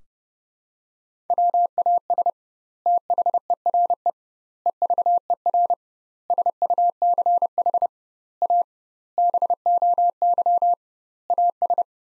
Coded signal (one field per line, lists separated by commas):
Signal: Morse code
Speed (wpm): 30 wpm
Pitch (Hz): 700 Hz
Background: none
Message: WAS THERE EVER SUCH A BOY AS